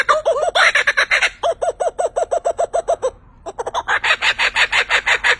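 Bird calling in quick runs of harsh, arched clucking notes, broken by a short gap midway before the series resumes.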